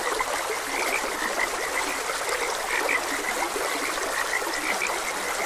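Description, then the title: Frogs giving quick repeated croaks in a dense chorus, accompanied by a gently trickling stream. Frogs croaking beside a gentle stream. "Gentle Stream and Frogs Croaking"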